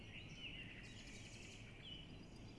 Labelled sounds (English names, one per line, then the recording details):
Common Blackbird
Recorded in Germany
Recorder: ecoPi